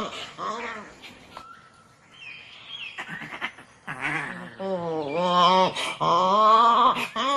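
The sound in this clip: Fossa's harmonic mewing wails build in the second half after scattered softer sounds and a brief steady tone early on.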